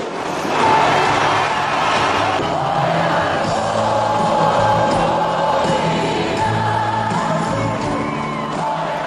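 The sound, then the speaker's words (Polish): A large crowd of football fans in Zagreb cheers and yells continuously on the evening of the 2018 World Cup final, a dense roar of many voices with scattered whoops and shouts rising above it, steady and loud throughout. “Czekają na nich miliony kibiców i gorące przyjęcie. Już wczoraj wieczorem w Zagrzebiu było tak.”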